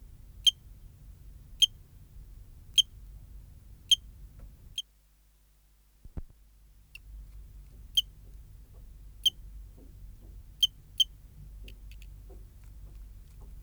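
Eugrylloides pipiens cricket producing sharp high single chirps at uneven intervals, with a brief dropout and a low thump midway before the chirping resumes.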